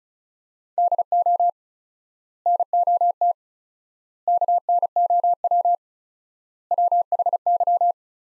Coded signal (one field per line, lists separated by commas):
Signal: Morse code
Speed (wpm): 36 wpm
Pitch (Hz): 700 Hz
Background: none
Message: DO NOT KNOW WHY